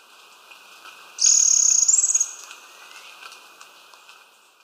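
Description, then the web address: Bronze-olive pygmy-tyrant producing one high, rapid buzzy trill that rises slightly near its end. Recorded in Ecuador. "Birds of Ecuador. Bronze-olive Pygmy-Tyrant"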